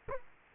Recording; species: mosquito wingbeat signal from an infrared sensor; Culex quinquefasciatus